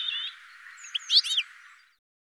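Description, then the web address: Bird calls: a thin whistled note at the start, followed by a short cluster of sharp, high chirps over faint hiss. "cianscape birddata"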